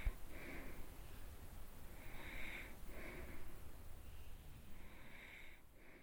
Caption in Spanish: Respirando y roncando. Sonidos realizados con el cuerpo.